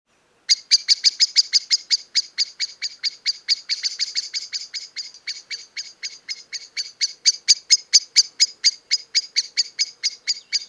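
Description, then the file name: Common blackbird calls: sharp, clicking chinks repeated rapidly throughout, briefly softer in the middle before growing loud again. "Turdus merula"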